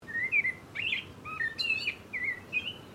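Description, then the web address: Common blackbird giving a series of short, fluty, varied whistled notes with a few scratchy twitters. "Sound Effects-Foundation 1 BIRD BLACKBIRD CALL"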